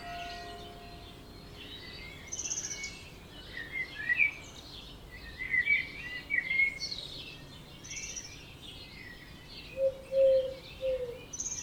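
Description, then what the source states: Birds singing together, bright chirps and warbled phrases from several callers, with a lower whistled note near the end over constant soft hiss. Dawn chorus at 4am in Oberhofen, Inntal, Austria; binaural.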